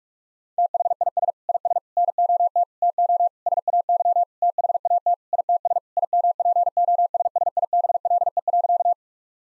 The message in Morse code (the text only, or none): THIS IS NOT TO SAY THAT ITS IMPOSSIBLE.